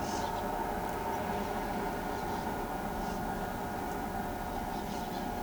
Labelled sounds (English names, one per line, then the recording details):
none
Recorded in pastures near Pivijay, Magdalena, Colombia, on 15 April 2023 at 14:00
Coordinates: 10.456, -74.369
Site P6-G026